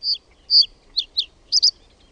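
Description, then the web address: Reed bunting song: a short phrase of high, separate chirped notes, two clear single notes, two sharp downslurred notes, then a quick doubled note at the end, in quiet surroundings. "OMAT AANITYKSET PAJUSIRKKU"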